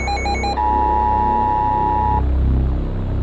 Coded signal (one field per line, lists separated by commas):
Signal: Emergency Alert System (SAME) tones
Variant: 853 and 960 Hz attention tone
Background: music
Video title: Storms & Fires - EAS Alerts From 3/4/26 - 3/8/26 (EAS #5148-5158)